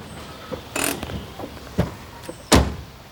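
A car arrives at a village square and idles low in the background while two passengers get out, doors opening and shutting with a few sharp clunks and brief mechanical rattles, the loudest slam near the end; no one speaks.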